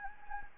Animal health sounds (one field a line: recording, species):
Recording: mosquito wingbeat signal from an infrared sensor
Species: Anopheles gambiae